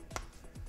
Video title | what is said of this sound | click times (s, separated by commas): How to Make Boba Fett Armor (step by step) Part 3b | easily push this in and that snaps into place | 0.2 s